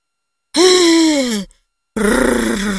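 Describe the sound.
A voice imitates a woman moaning contentedly in her sleep, the moans filling the room: two drawn-out, low, loud groans, the first smooth and sliding slightly down in pitch, the second rougher and wavering after a short pause.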